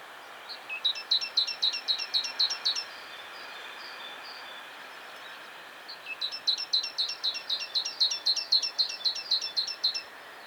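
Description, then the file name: Great tit calls, two runs of rapid, evenly repeated high metallic notes, each lasting about two to four seconds, over a steady background hiss. "Parus major"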